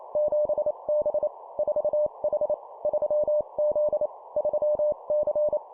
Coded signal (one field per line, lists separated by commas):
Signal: Morse code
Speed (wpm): 28 wpm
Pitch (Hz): 600 Hz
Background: none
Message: 7B 4H 3Z 3C